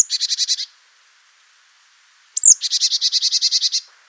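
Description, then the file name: Marsh tit, a short burst of buzzy notes, then after a pause a bright downslurred note followed by a longer rapid run of harsh nasal notes. "Poecile palustris"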